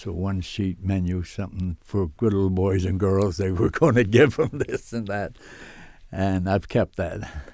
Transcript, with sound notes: It's a one sheet menu "Something For Good Little Boys And Girls." (he laughs) They were going to give them this and that. And I've kept that.